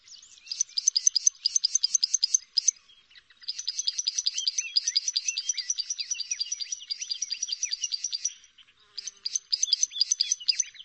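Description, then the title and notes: Bar-winged prinia singing rapid high chip series; one long continuous run of metallic notes in the middle, flanked by shorter bursts, with faint twitters underneath. Full song, including the rolling continuous style locally called ngerol. "Suara Kicau Burung Prenjak Lengkap dan Ngerol"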